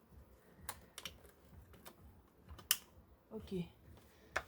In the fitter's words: faut entendre le clic ok